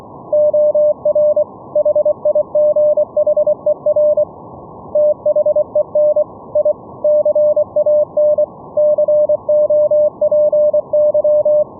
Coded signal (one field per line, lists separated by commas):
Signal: Morse code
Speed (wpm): 24 wpm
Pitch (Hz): 600 Hz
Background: none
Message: OR HIGHER THEN I CAN COPY